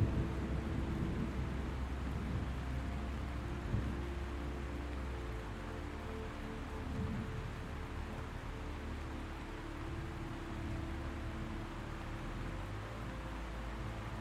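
Thunder rumbles low and steady beneath soft, sustained melodic tones, with a faint rain-like hiss throughout and a small bump near four seconds.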